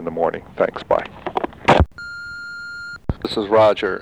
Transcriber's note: phone beeps